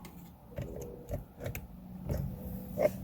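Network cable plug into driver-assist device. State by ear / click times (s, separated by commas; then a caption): not seated / none. A network cable is plugged into a Comma.ai Openpilot driver-assist device, with the cable running to the OBD2 port of a 2019 Camry Hybrid. Only a few soft taps and handling knocks are heard over a steady low hum. The connector has not audibly clicked or seated yet, possibly because a finger was on it.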